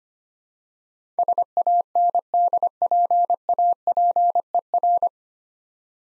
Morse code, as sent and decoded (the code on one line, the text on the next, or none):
... .- -. -.. .--. .- .--. . .-.
SANDPAPER